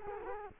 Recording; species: mosquito wingbeat signal from an infrared sensor; Culex quinquefasciatus